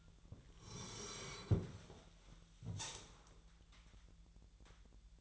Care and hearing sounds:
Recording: daily activity, microphone in the room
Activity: sit down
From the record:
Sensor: 3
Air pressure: 1001.9 hPa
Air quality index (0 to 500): 248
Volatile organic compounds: 128 ppm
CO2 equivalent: 3920 ppm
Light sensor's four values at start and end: 9/21/9/9 and 9/22/9/10

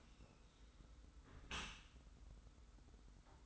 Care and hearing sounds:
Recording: daily activity, microphone in the room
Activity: close dishwasher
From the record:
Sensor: 3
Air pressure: 991.3 hPa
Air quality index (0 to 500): 139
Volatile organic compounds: 276 ppm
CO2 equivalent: 4426 ppm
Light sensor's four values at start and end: 54/146/60/53 and 54/146/59/53

